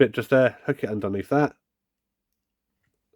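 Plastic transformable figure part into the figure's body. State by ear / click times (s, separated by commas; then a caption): not seated / none. Someone talks for about the first 1.5 seconds while handling a plastic transformable action figure, hooking one of its plastic parts underneath another section of the figure's body during a transformation, and then the clip falls silent. The part has not seated or clicked into place yet.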